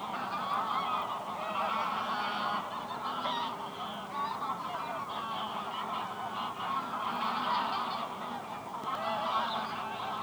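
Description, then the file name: Dense goose chorus, countless overlapping honks rising and falling in intensity over ten seconds without pause. Geese resting on the ice at Venhuizen. "Ganzen rusten op het ijs bij het hondenhemeltje in venhuizen - Sound Cloud - De Auditieve Dienst"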